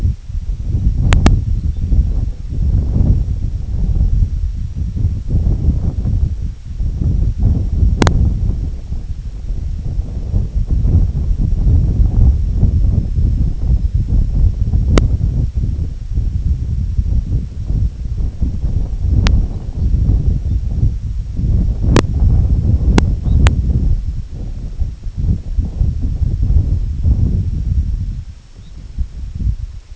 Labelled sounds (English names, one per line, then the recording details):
unidentified sound
Red Phalarope
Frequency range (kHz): Red Phalarope 3.1-4.3 kHz
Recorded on Arctic tundra, site IGLO-D, on 25 June 2018
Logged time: 06:00